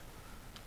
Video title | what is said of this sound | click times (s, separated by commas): #131 CZ P 07 Reassembly and results part 4 of 4 of Mcarbo Spring Kit Install | you heard the click you heard it lock in and we can move on to the headache of lining up this | 0.6 s